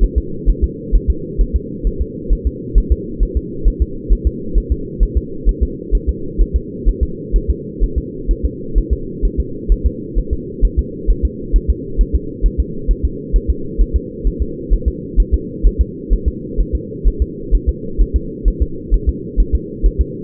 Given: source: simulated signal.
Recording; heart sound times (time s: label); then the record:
fetal heart sounds
0.03 s: S1
0.18 s: S2
0.50 s: S1
0.64 s: S2
0.95 s: S1
1.10 s: S2
1.41 s: S1
1.56 s: S2
1.87 s: S1
2.02 s: S2
2.33 s: S1
2.47 s: S2
2.78 s: S1
2.92 s: S2
3.23 s: S1
3.37 s: S2
3.68 s: S1
3.82 s: S2
4.12 s: S1
4.27 s: S2
4.58 s: S1
4.72 s: S2
5.03 s: S1
5.17 s: S2
5.49 s: S1
5.63 s: S2
5.95 s: S1
6.09 s: S2
6.42 s: S1
6.56 s: S2
6.89 s: S1
7.03 s: S2
7.36 s: S1
7.50 s: S2
7.84 s: S1
7.98 s: S2
8.31 s: S1
8.45 s: S2
8.78 s: S1
8.93 s: S2
9.25 s: S1
9.40 s: S2
9.72 s: S1
9.86 s: S2
10.18 s: S1
10.33 s: S2
10.65 s: S1
10.79 s: S2
11.11 s: S1
11.25 s: S2
11.56 s: S1
11.70 s: S2
12.01 s: S1
12.15 s: S2
12.46 s: S1
12.60 s: S2
12.91 s: S1
13.05 s: S2
13.36 s: S1
13.50 s: S2
13.81 s: S1
13.96 s: S2
14.27 s: S1
14.42 s: S2
14.73 s: S1
14.88 s: S2
15.20 s: S1
15.34 s: S2
15.67 s: S1
15.81 s: S2
16.13 s: S1
16.28 s: S2
16.60 s: S1
16.75 s: S2
17.08 s: S1
17.22 s: S2
17.55 s: S1
17.69 s: S2
18.01 s: S1
18.16 s: S2
18.48 s: S1
18.63 s: S2
18.94 s: S1
19.09 s: S2
19.40 s: S1
19.55 s: S2
19.86 s: S1
20.01 s: S2
From the record:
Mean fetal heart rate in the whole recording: 130 bpm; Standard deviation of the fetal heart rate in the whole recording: 2 bpm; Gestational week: 36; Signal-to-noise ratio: -4.3 dB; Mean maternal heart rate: 72 bpm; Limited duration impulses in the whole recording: absent